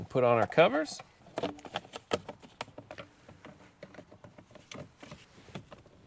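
Someone talks, then plastic steering column covers are handled and fitted onto the steering column of a 2005-2012 Toyota Avalon during a clockspring replacement, with light tapping and clicking sounds. The clip ends before the covers go home, and nothing has seated or clicked yet.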